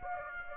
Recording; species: mosquito wingbeat signal from an infrared sensor; Aedes aegypti